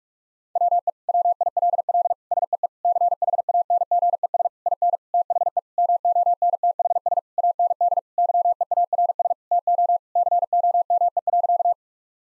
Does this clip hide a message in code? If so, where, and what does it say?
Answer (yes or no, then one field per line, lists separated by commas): yes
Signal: Morse code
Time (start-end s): 0.6-11.7 s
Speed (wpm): 41 wpm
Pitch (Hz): 700 Hz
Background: none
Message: WE WILL SEE CHANGES IN THE MONTHS AND YEARS TO COME.